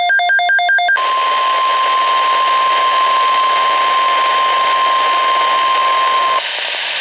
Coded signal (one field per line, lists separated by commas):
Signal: Emergency Alert System (SAME) tones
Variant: 1050 Hz attention tone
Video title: Severe Thunderstorm Watch Expansion - 09/05/20 (EAS #2,216)